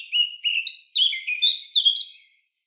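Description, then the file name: Eurasian blackcap song: one short phrase of clear, varied whistled notes, louder in its second half, that tails off. "Sylvia atricapilla"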